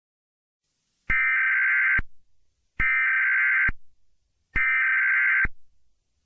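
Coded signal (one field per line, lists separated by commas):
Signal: Emergency Alert System (SAME) tones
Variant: header bursts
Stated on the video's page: Fake EAS scenario using valid EAS tones, not a real broadcast.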